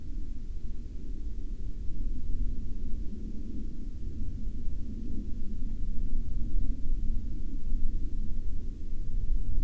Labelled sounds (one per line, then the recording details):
wind
aircraft
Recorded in the Arctic National Wildlife Refuge, Alaska, on 9 May 2019 at 13:17
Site 35